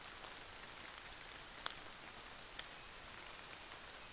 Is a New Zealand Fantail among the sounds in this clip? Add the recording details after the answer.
no. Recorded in New Zealand on 24 December 2018. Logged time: 06:00